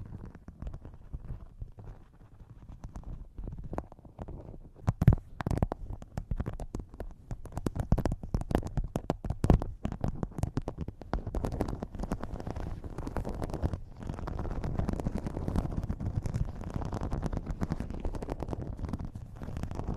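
Tapping on objects held against a microphone, with dense, fast clusters of sharp taps and muffled thumps. It starts fairly soft for the first five seconds, then grows busier and louder, with the strongest knocks around five and ten seconds. A low rumbling texture runs underneath throughout.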